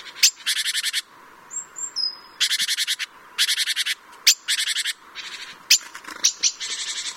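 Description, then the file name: Great tit scolding with harsh, buzzy rattle bursts in quick succession, mixed with sharp clicks. "Parus major"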